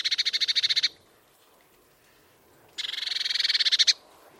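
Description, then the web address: Eurasian blue tit churring: a rapid buzzy rattle of dry pulses lasting about a second, a pause, then a second slightly longer rattle that swells toward its end. "cianscape birddata Deverinetal 2025 File origin Bird Only Cy Ca"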